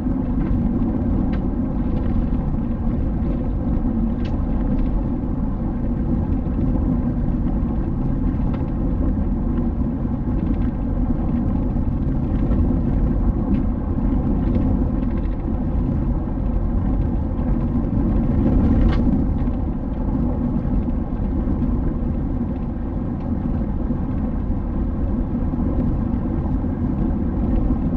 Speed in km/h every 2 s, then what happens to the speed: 82, 79, 77, 76, 76, 76, 77, 77, 77, 78, 82, 84, 85, 86.
4-28 speeds up to 86.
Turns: none.